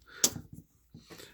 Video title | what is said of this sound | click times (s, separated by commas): My Saberforge rant, etc. | to this part where the recharge port is you can hear it click into place and | 0.2 s